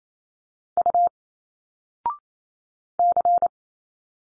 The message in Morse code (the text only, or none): U C